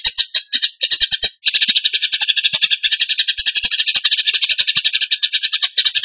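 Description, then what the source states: Bird song: a nearly continuous high, rapid rattling trill, stuttering at first and then steady, with faint clicks throughout. Bird singing in the tembakan gacor style, for training other birds (masteran).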